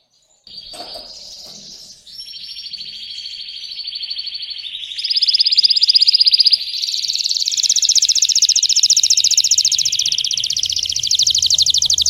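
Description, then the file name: Canary song: sustained rolling trills shifting in pitch, building to a loud, very fast continuous trill that runs to the end. Belgian canary, red frosted colour variety. "canto do canario belga vermelho nevado"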